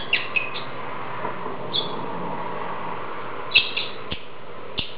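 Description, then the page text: Lovebird chirps, a few shrill high squeaks spaced by long pauses, over a steady low hum and soft clicks. "Попугай неразлучник - Голос"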